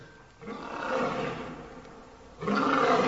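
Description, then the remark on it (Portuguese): A lion lets out a deep, rumbling roar that swells and fades, followed by a second loud, gravelly roar starting abruptly near the end. No voices are heard. “Esse é mais forte que o leão da Metro aí.”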